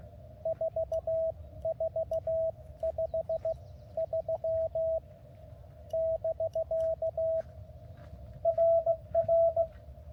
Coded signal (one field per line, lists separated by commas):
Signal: Morse code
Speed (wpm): 15 wpm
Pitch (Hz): 660 Hz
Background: radio noise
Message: 4453 <BK> RR